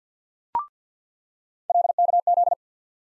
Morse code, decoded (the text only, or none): LKZ